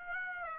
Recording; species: mosquito wingbeat signal from an infrared sensor; Aedes aegypti